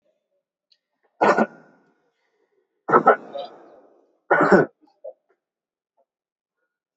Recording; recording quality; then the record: shallow voluntary cough; excellent, no background noise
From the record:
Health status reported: healthy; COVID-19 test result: not tested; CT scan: not taken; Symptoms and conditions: none ticked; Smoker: yes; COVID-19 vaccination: both doses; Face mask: worn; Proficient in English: yes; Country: India